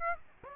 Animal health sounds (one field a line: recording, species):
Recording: mosquito wingbeat signal from an infrared sensor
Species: Aedes aegypti